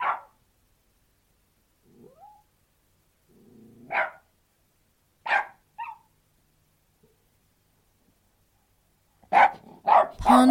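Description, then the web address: Australian terrier with scattered barks, a short rising whine and a low growl between them, then a loud cluster of barks near the end. An Australian terrier barking outdoors. "australian terrier barking exterior"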